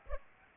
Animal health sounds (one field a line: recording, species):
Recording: mosquito wingbeat signal from an infrared sensor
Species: Aedes aegypti